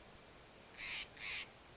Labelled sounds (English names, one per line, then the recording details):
Steller's Jay
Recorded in Sonoma County, California